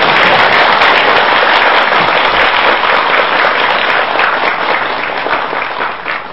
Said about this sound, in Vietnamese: Trước khi vào buổi giảng, xin toàn thể đạo tràng chúng ta cho một tràng vỗ tay thật lớn thật dài.